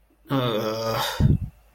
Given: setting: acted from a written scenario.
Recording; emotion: vocal sound without words; guilt